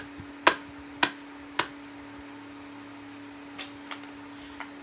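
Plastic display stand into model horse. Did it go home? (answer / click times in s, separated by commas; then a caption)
no / none. A plastic display stand is pushed onto a model horse in repeated attempts, giving three sharp knocks at about 0.5, 1.0 and 1.6 seconds and fainter taps at 3.9 and 4.6 seconds over a steady low hum. The stand does not lock into place, which is abnormal; nothing has seated or clicked yet.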